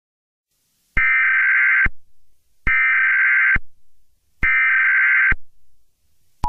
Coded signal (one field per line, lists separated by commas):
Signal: Emergency Alert System (SAME) tones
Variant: header bursts